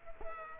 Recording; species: mosquito wingbeat signal from an infrared sensor; Culex quinquefasciatus